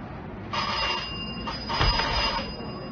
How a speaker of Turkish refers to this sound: Hadi şu zili bir daha çal.